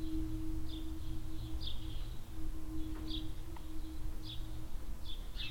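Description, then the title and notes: Swallow chirps, sharp high notes spaced about a second apart, over a steady low drone and hum with gentle wind. Swallows flying under a shed roof in a village-centre barnyard in Hoscheid; mellow wind; early afternoon in spring. "Hoscheid - Barn Yard Swallows. At a barn yard in the centre of the village. Swallows flying under the roof of the shed. Mellow wind. Recorded in the early afternoon in spring time"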